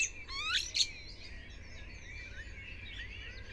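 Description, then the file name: Common blackbird calls: a few loud, harsh chacking notes in the first second, followed by faint thin twittering and whistles. "Turdus merula"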